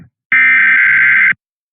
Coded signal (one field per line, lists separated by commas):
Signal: Emergency Alert System (SAME) tones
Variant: header bursts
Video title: The Test Show Episode 12: Melbournes Unexpected Return & Alert Ready Day - 11/15/2023